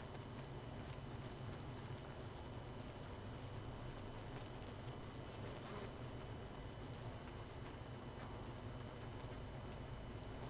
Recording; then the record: honeybee colony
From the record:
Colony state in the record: missing queen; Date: 31 May 2018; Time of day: 22:08